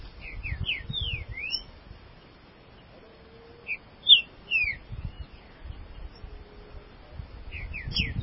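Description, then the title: Green-winged saltator giving short bursts of slurred whistles between pauses, over low background rumble. "Trinca Ferro"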